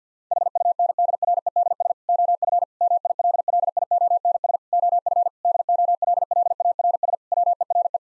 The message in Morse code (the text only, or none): HUNDREDS OF MILLIONS OF DOLLARS WERE